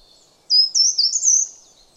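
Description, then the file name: Short-toed treecreeper: a single quick, high song phrase lasting about one second. "Boomkruiper"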